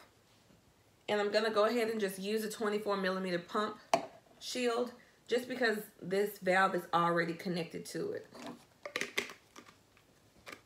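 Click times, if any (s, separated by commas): 9.2 s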